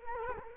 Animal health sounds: mosquito wingbeat signal from an infrared sensor; Culex quinquefasciatus

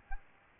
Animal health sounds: mosquito wingbeat signal from an infrared sensor; Aedes aegypti

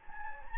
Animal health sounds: mosquito wingbeat signal from an infrared sensor; Anopheles gambiae

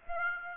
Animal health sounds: mosquito wingbeat signal from an infrared sensor; Aedes aegypti

